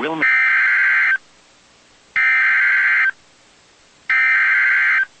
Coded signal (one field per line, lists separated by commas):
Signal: Emergency Alert System (SAME) tones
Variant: header bursts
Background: speech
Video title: EAS #311 (Flash Flood Warning)